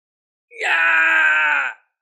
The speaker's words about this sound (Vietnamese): Trong chiến trường phát ra một tiếng hét thảm,